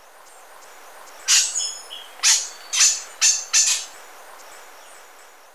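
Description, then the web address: Lineated Foliage-gleaner giving several harsh, scratchy call notes in a loose group over about two and a half seconds, with faint high background hiss. Ecuador. "Birds of Ecuador. Lineated Foliage-gleaner"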